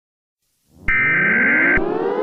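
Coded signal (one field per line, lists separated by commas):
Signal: Emergency Alert System (SAME) tones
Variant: header bursts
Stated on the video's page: Mock EAS scenario with valid EAS tones.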